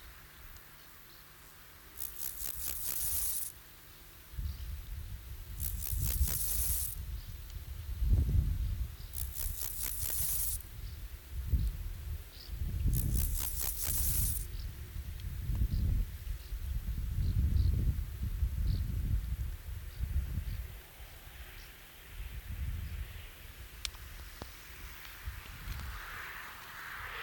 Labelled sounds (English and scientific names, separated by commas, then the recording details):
Steppe Grasshopper (Chorthippus dorsatus) stridulation
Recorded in the wild
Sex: male
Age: imago
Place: Treuchtlingen, Heumöderntal, Bayern, DE
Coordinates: 48.96, 10.91
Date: 1993-09-05 15:45
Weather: 14°C, wechselhaft
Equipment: Marantz CP 430, Sennheiser MKH 416 T, Kopie Uher Variocord 263
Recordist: Tembrock, Günter